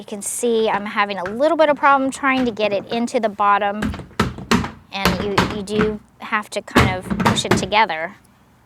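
Someone talks while pushing the plastic side panel of an Aldi deck box into the bottom section of its base, struggling to get it in. Sharp thunks sound around 4.2, 4.5 and 5.1 seconds. Nothing has seated or clicked into place yet.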